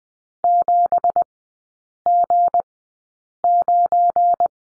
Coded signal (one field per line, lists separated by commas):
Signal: Morse code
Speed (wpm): 20 wpm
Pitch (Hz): 700 Hz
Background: none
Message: 7G9